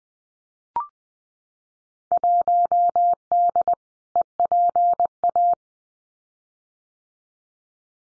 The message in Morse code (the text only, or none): 1D EPA